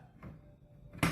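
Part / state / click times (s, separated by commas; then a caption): chair component into chair frame / seated / 1.0 s. A part of an outdoor chair being assembled is fitted into the chair frame and locks into place. After a soft muffled bump at about 0.2 s and a brief rising scrape, a sharp, bright hit sounds at 1.0 s as the part seats.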